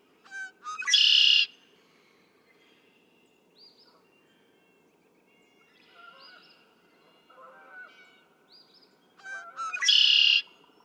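Red-winged blackbird song heard twice, about nine seconds apart, each with clipped opening notes and a loud buzzy trill; soft wavering notes fill the gap.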